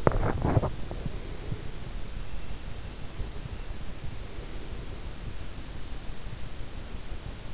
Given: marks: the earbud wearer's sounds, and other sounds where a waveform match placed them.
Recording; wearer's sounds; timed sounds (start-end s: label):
sounds in sleep by an in-ear microphone; teeth grinding, breath
0.00-0.79 s: teeth grinding
0.79-2.26 s: breath
4.27-5.20 s: breath